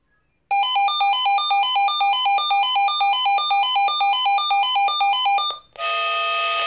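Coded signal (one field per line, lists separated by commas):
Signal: pager alert tone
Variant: Swissphone Quattro XLSi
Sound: rapid warbling two-tone electronic beeping for five seconds, then a steady rushing noise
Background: small room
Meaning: The pager is sounding its alarm alert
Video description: Monatliche Funktionsprobe eines analogen Swissphone Quattro XLSi Funkmeldeempfängers mit Alarmschaltung. Der Melder löst insgesamt 6 Schleifen mit Doppelton aus (Sirenenschleifen).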